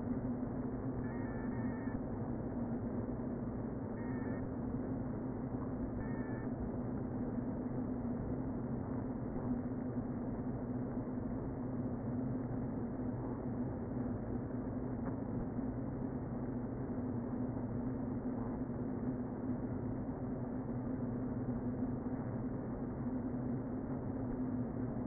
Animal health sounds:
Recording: honeybee colony, microphone inside the hive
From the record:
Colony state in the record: queen present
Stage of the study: before two queens were removed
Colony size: about 60,000 bees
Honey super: yes

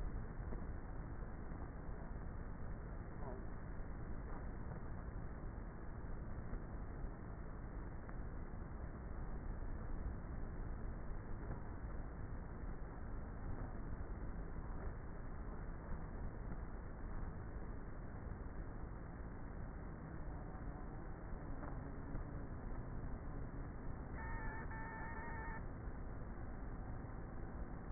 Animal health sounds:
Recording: honeybee colony, microphone inside the hive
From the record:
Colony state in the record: queenless with a low population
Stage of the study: before two queens were removed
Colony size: about 30,000 bees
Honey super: no

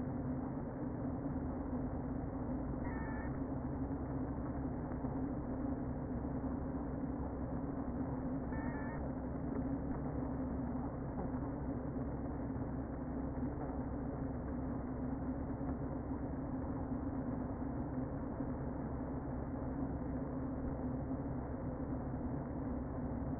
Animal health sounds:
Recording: honeybee colony, microphone inside the hive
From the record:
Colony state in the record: queen present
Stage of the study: before two queens were removed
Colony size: about 60,000 bees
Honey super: yes

